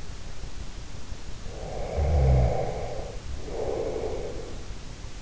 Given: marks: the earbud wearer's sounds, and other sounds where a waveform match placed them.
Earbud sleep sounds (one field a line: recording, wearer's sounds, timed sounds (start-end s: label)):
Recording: sounds in sleep by an in-ear microphone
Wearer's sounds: snoring breath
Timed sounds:
1.31-4.89 s: snoring breath